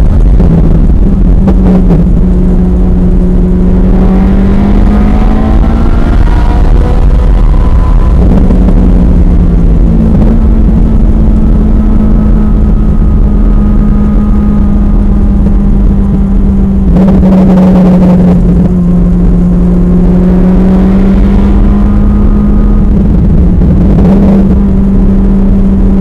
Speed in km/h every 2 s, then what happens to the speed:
98, 106, 130, 137, 121, 118, 113, 108, 98, 100, 114, 106, 106.
1-5 speeds up to 137. 5-16 slows to 98. 16-20 speeds up to 114. 20-26 steady at about 106.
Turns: 8-15, 20-26.